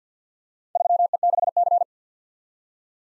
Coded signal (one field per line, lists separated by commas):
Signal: Morse code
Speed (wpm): 48 wpm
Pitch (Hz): 700 Hz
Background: none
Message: 3E6C